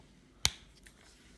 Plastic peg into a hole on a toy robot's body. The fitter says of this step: again on the other side, this one, you'll hear a pop.